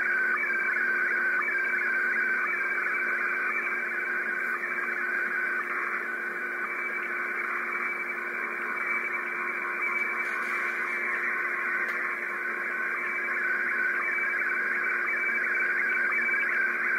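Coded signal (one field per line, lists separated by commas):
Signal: SSTV (slow-scan television)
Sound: warbling tone sliding between low and high pitch, regular short low blips, under hiss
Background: radio static, low hum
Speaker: трансивер работа антенны на п и в режиме сств переходим непосредственно к [музыка] эксперименту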